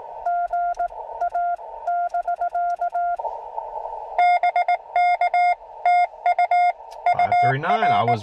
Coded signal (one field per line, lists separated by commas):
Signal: Morse code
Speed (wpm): 19 wpm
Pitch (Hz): 690 Hz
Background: speech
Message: GA <BK> BK TU UR